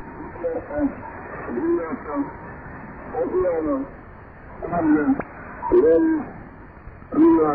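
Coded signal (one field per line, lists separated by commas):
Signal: numbers station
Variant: UVB-76 voice message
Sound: muffled radio voice speaking short phrases with pauses, band-limited and noisy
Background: radio static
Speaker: Apenas 3 mensagens de voz foram comprovadamente transmitidas pela UVB-76 antes de 2010. São elas: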